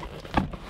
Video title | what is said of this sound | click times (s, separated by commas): BMW E46 FUEL PUMP REPLACEMENT IN UNDER 10 MINUTES! | all you got to do is pull up on the seat on each side you'll hear a little click | 0.4 s